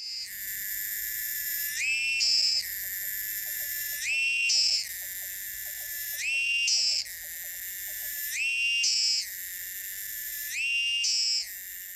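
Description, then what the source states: Cicada high, continuous shrill buzzing that shifts in pitch and swells roughly every two seconds, with a faint ticking in the background. Humming.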